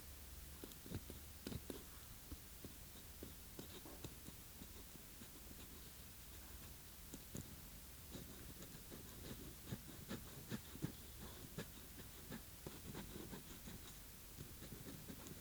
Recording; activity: daily activity, guitar pickup as the sensor; write